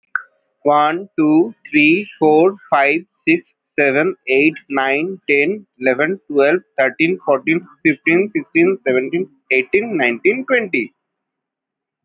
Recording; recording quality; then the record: counting at a normal pace; excellent, no background noise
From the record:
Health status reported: healthy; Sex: male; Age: 26 years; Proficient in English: yes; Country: India